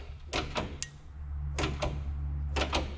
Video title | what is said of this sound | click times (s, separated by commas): Water Pump Or Worse | I think I heard that snap ring go Tink | 0.8 s